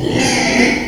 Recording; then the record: squeal of a Yucatan mini pig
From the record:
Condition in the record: before surgery on the right vocal fold (resection and tissue-engineered implant); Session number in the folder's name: 2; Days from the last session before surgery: 0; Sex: male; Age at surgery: 12 weeks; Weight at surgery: 13 kg